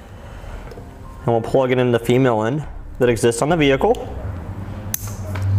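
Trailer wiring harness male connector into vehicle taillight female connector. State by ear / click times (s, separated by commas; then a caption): seated / 4.9 s. Someone talks while the male end of the small taillight and brake light connector on a T-One vehicle wiring harness with a 4-pole flat trailer connector is plugged into the female connector on a 2016 Dodge Journey. A sharp snap at 4.9 s marks the connector seating in place.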